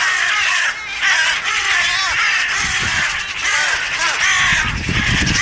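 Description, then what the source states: Western Jackdaw screaming, harsh repeated calls from several birds in quick irregular bursts. A hawk attacked a jackdaw, and two other jackdaws gathered around and are screaming.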